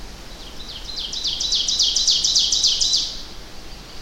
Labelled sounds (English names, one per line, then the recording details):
Ovenbird song
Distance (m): 15 m
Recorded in boreal forest in Alberta, Canada, on 25 June 2016 at 08:11
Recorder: SongMeter 3, array SBT-6-76
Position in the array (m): 298 m, 79 m
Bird 1